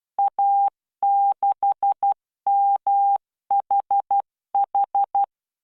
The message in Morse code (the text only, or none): A6MHH